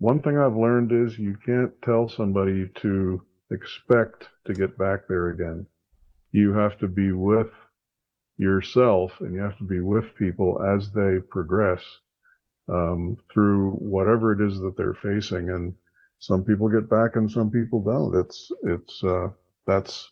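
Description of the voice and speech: A man speaks in a low, steady voice at a calm, measured pace, with natural pauses between phrases and one brief repeated word near the end. The voice is clear and the speech fluent, with no sign of a speech or voice disorder.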